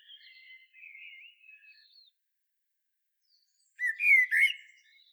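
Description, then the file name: Common blackbird: a soft, rambling warble, then after a brief silence a loud fluted phrase with a high, scratchy finish. "Turdus merula"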